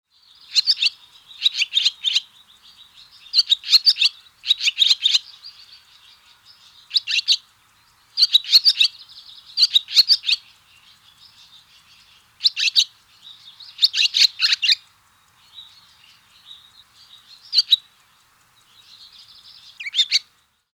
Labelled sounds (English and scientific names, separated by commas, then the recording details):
Barn Swallow (Hirundo rustica)
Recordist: Tembrock, Günter
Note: Gesangsbeginn am Morgen